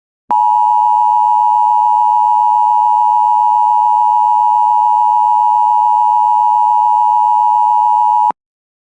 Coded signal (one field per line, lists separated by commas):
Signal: Emergency Alert System (SAME) tones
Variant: 853 and 960 Hz attention tone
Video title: EAS #235-238 Mayland Required Weekly Test And 3 Severe Thunderstorm Warnings On WJON-IP